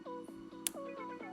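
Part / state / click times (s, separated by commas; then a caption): door panel wiring harness connector unplugging from its mating connector / released / 0.7 s. Over steady background music, the red lock on a door panel wiring harness connector is slid aside and its release button pressed down, with the microphone held close, while the door panel is being removed. A single sharp click sounds at 0.7 s as the connector unlatches and releases from its mating connector.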